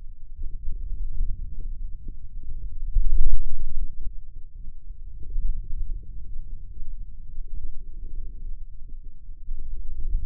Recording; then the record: forearm muscle sounds (acoustic myography)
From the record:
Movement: wrist extension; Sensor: system 2, bracelet of six BSWA MPA416 microphones around the upper forearm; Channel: 6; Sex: male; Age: 22 years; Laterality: right